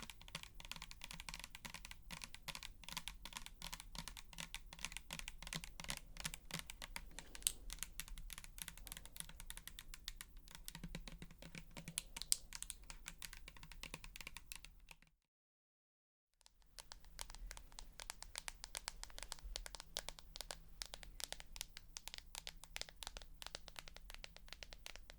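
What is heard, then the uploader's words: Dense, quick tapping like keyboard typing, with a low hum underneath and a brief silent gap around fifteen seconds. Tapping For Tingles (No Talking).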